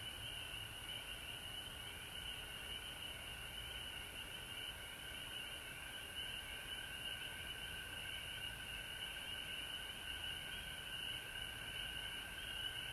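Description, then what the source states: Frogs keep up a constant, shrill chorus of overlapping trills and chirps, steady in level for the whole stretch. Frogs recorded at home in Georgia on March 19, 2020.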